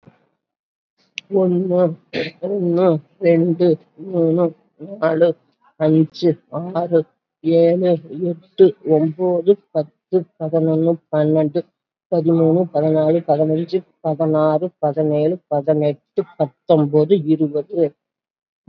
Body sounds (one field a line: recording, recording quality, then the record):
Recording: counting at a fast pace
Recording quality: excellent, no background noise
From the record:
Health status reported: COVID-19 positive, mild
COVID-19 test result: positive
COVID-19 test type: RT-PCR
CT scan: not taken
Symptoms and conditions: cough, cold, breathing difficulty, fever, fatigue, hypertension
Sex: female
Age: 68 years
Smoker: no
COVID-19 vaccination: one dose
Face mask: not worn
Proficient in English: no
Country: India